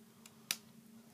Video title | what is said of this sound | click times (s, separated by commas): Desruction | there we go. Snapped in place on this helmet. | 0.5 s